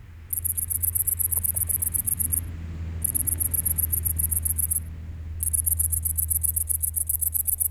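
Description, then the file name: Great green bush-cricket stridulating, high sizzling trills in three long bursts with short breaks, over a steady low rumble throughout. "Tettigonia viridissima"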